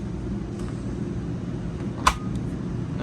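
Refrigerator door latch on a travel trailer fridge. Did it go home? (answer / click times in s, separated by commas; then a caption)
yes / 2.1 s. A travel trailer's refrigerator door is closed after the spring in its failed door latch has been refitted, over a steady low rumble. The latch catches with a single sharp click at 2.1 s, and the repaired latch holds the door shut.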